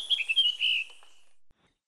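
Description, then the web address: Russet-crowned Warbler, a short burst of quick whistled notes followed by a sustained slurred tone, then silence. Recorded in Ecuador. "Birds of Ecuador. Russet-crowned Warbler"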